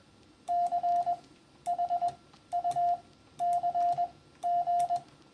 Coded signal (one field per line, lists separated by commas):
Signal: Morse code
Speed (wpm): 21 wpm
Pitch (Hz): 700 Hz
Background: none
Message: CHUCG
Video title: a CW Discussion